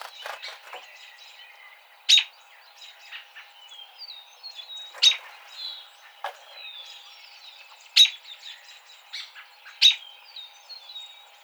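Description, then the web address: American robin calls, sharp loud notes repeated every two to three seconds, with softer chirps and twitters throughout. Recorded on 29 March 2007. "American Robin 2007 03 29 American Robin"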